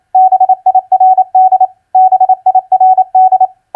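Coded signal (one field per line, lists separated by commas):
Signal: Morse code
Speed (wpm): 28 wpm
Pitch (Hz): 750 Hz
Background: none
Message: BIRD BIRD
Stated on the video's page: Common four-letter word recognition practice sent at 28 wpm, played twice.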